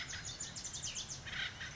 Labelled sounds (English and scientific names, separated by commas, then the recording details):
Acorn Woodpecker (Melanerpes formicivorus)
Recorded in Sonoma County, California